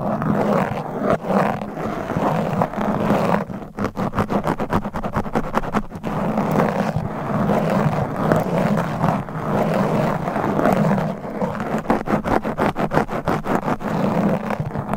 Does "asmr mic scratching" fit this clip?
yes